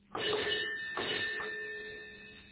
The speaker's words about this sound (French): Un coup de sonnette impérieux.